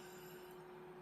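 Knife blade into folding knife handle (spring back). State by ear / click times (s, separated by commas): not seated / none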